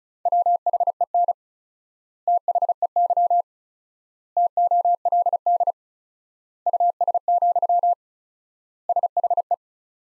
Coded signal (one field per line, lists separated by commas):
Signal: Morse code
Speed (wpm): 36 wpm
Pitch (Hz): 700 Hz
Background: none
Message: WHEN THEY TOLD US, SHE